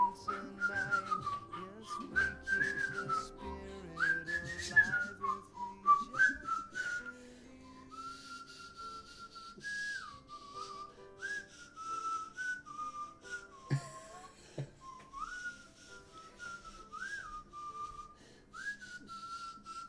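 People whistle a tune for about twenty seconds, a bright wavering melody with sliding notes and short pauses between phrases, fairly loud over a faint background murmur.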